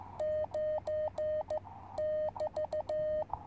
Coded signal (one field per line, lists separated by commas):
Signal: Morse code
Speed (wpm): 14 wpm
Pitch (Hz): 610 Hz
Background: none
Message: 9 <BT>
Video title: Sunny Afternoon QRP Radio on 30m With 2W & 17ft Antenna.